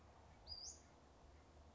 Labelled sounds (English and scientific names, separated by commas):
Western Flycatcher (Empidonax difficilis)